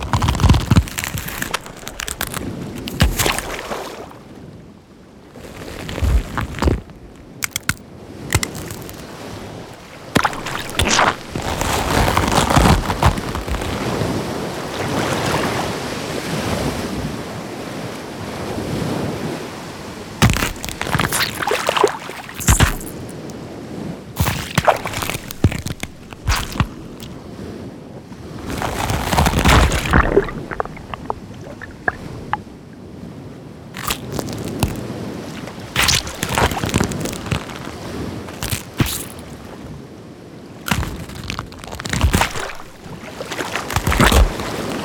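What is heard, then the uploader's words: Wet, squishy crab creature sounds with splashes and bubbling, moving in irregular bursts throughout. Bright crackling clicks and sharp wet hits stand out over a constant watery, surf-like wash, with busier clusters around the middle and near the end. Crab - Creature Sound Effects. Organic and squishy textures, water splashes and bubbles, underwater sounds and beach ambiences. This original sound library was created with carefully sampled sources (field recording, hydrophone) and twisted using complex synthesis techniques.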